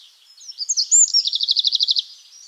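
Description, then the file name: Bird calling with a few thin, high notes, then a fast, even trill of many sharp repeated notes lasting around one second; quiet background. "Vogel Stanislaw Wroza"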